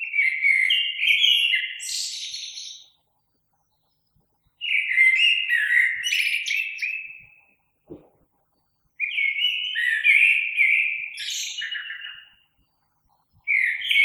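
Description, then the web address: Common blackbird singing a series of fluty phrases separated by short pauses, each closing in a high twittering flourish; one brief click between phrases. Recorded 3 March 2020. "oiseaux Merle 2020 03 03"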